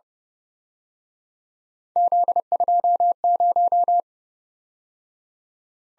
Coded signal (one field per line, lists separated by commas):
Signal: Morse code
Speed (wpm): 28 wpm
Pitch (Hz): 700 Hz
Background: none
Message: Z20